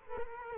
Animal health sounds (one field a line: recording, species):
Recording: mosquito wingbeat signal from an infrared sensor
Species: Culex quinquefasciatus